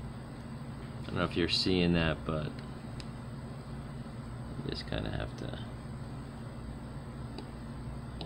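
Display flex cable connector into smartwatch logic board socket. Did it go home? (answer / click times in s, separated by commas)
yes / 8.2 s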